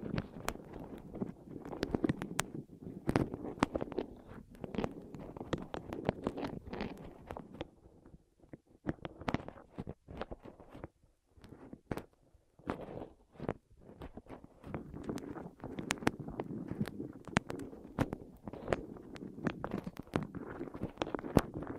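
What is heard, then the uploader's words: Dense rolling and rubbing sounds crowd together in a steady low rumble, dotted with sharp crisp clicks and taps, thinning briefly around eight and thirteen seconds. ASMR Rolling On Your Ears (No Talking).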